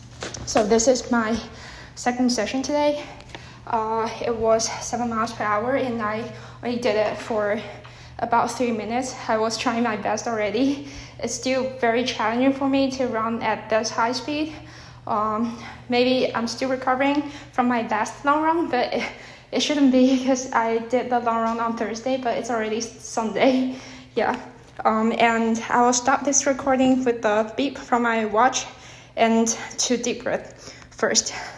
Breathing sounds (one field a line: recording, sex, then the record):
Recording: free speech after running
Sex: female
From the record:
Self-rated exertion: moderate exertion (3 of 6)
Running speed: 7 miles an hour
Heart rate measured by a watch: 111 beats a minute at the start, 129 at the end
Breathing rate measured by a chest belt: 15 breaths a minute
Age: 24 years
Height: 163 cm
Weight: 52 kg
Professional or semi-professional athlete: no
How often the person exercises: 1 to 2 times a week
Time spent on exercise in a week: under 1 hour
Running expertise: no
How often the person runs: 1 to 2 times a week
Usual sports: interval training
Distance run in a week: 5 km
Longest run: 3 km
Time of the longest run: 30 minutes